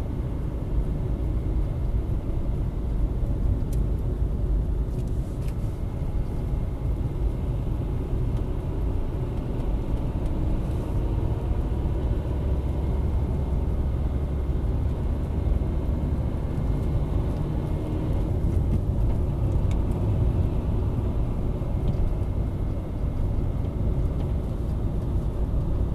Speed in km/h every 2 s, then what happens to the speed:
47, 48, 45, 45, 45, 47, 51, 52, 57, 60, 63, 62, 60.
0-7 steady at about 45. 7-20 speeds up to 63. 20-26 steady at about 62.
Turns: none.